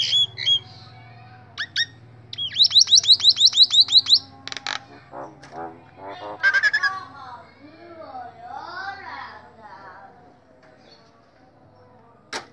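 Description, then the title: Nias hill myna producing scattered squawks, a rapid volley of loud whistled notes, then varied gurgling and warbling phrases that fade away. Loud, very vocal singing bird, recorded as a master model for training other songbirds (masteran). "Burung Jalak Nias Gacor Suara Super Gledek Untuk Masteran"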